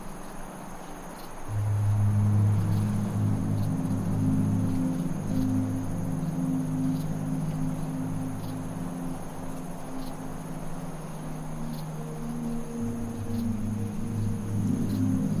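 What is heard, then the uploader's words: Insects chirp in a steady high whine with faint repeated ticks, over a soft rushing wind. A low humming tone swells in near two seconds and holds through most of the clip, shifting slightly and easing near thirteen seconds. Fast Asleep in the Desert. Desert winds, chirping bugs, and ambient tones combine to create a peaceful atmosphere.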